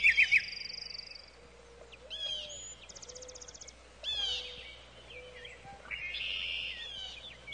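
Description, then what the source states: Bird song: scattered high chirps, a short buzzy trill and quick rising notes, with a steady low background hum. Birdsong in the morning.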